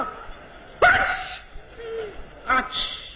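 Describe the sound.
A performer in a comic crosstalk act imitates how a Beijing person sneezes, with a 'qi' sound: a sharp, bright burst of breath and voice, a short pause with faint sounds, then a second explosive, hissy sneeze-like burst.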